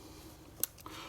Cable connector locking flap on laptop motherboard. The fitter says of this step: lock into place you can flatten that down a little bit better now if you need to just use the tweezers on